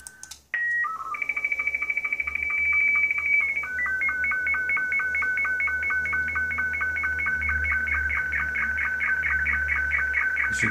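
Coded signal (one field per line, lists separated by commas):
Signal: SSTV (slow-scan television)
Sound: brief header tones, then a warbling tone sweeping steadily with regular short low blips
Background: faint room hum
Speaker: I'm gonna go ahead and load an image file in and hit transmit [Music] if you can see we're transmitting about twenty eight point six eight three kilohertz which is the 10-meter ss2 viewed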